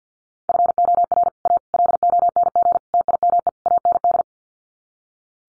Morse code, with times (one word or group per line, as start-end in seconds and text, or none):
0.5-1.3 FOR
1.5-1.6 A
1.7-2.8 LONG
2.9-3.5 TIME
3.7-4.2 AND